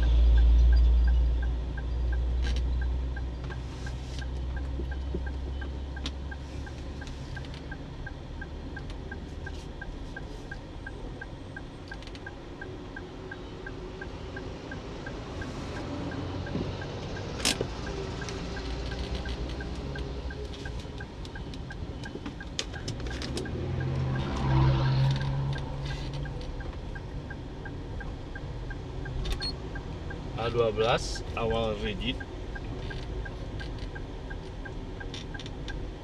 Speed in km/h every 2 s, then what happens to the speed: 6, 6, 6, 6, 6, 6, 6, 6, 6, 6, 6, 6, 6, 6, 6, 6, 6, 6.
0-36 steady at about 6.